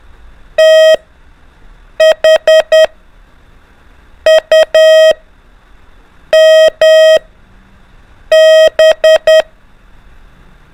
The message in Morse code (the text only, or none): THUMB